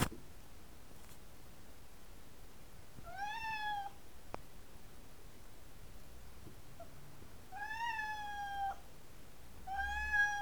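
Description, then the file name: Siberian cat giving three separate flat meows over a faint background hiss with an occasional click. "Sibirskij Kot - Myaukane"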